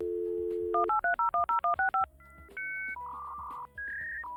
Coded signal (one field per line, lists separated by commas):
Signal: DTMF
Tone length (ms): 130 ms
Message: 183010165